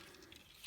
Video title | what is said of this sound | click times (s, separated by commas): Transformers Shattered Glass Voyager Class Megatron Review | this clicks into place | 0.3 s